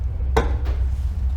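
A second plastic harness connector is pushed home into the exhaust valve module plug of an LC 500 exhaust valve controller, giving a sharp click at 0.4 s over a steady low hum. The connector is seated.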